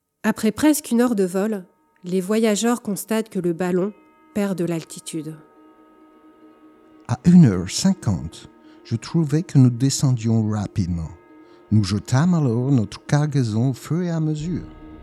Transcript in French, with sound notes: Après presqu’une heure de vol, les voyageurs constatent que le ballon perd de l’altitude. [Voix d’acteur] À 1h50, je trouvais que nous descendions rapidement; nous jetâmes alors notre cargaison au fur et à mesure.